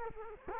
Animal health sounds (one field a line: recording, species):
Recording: mosquito wingbeat signal from an infrared sensor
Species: Culex quinquefasciatus